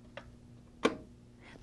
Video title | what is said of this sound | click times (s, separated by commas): OrthoPAT | close the cover until it clicks shut | 0.8 s